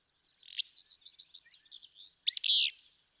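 Willow flycatcher song: a loud, sneezy, burry two-part phrase, preceded by a series of soft, evenly repeated notes.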